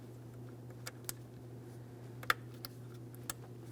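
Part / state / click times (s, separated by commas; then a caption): electrical wiring connector into engine bay component socket / seated / 2.3 s. An electrical wiring connector on a 2003-2008 Toyota Matrix 1.8L L4, located just below the previous connector, is pressed into its socket in the engine bay during a starter replacement. Over a steady low hum there are a few faint ticks, then a sharp click at 2.3 s as the connector seats. It is given a light tug and stays in, properly secured.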